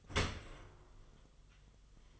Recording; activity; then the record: daily activity, microphone in the room; open dishwasher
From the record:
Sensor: 4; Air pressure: 1005.5 hPa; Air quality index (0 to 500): 115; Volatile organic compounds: 3 ppm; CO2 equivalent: 1436 ppm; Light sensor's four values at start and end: 11/25/10/10 and 11/26/10/10